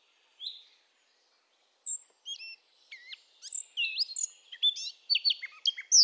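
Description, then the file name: Eurasian blackcap song: scattered single notes at first, then increasingly loud, varied whistles and chirps tumbling together over the last few seconds. "Sylvia atricapilla"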